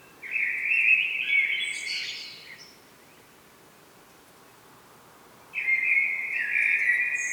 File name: Turdus merula